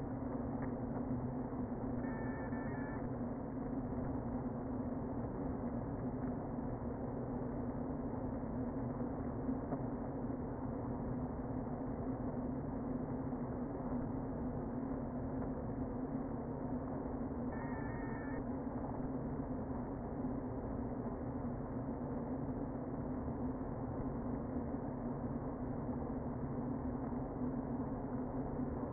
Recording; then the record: honeybee colony, microphone inside the hive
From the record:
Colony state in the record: queen present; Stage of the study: before two queens were removed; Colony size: about 60,000 bees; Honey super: yes